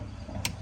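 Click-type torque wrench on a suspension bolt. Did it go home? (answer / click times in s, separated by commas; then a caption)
yes / 0.5 s. A click-type torque wrench set to 30 ft-lb tightens a suspension bolt during a Rough Country 2-inch leveling kit install on a 2018 Ford F-150. A low, steady rumble runs under the clip until a single sharp, bright click sounds at 0.5 s (0.46 s). The wrench has reached its 30 ft-lb setting.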